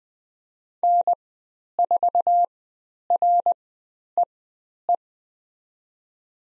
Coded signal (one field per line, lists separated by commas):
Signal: Morse code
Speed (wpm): 20 wpm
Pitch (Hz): 700 Hz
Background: none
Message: N4REE